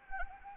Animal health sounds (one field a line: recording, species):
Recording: mosquito wingbeat signal from an infrared sensor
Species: Anopheles gambiae